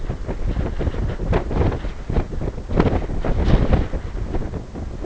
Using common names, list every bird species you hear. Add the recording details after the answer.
none. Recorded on Arctic tundra, site NAIT-1, on 20 June 2018. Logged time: 23:00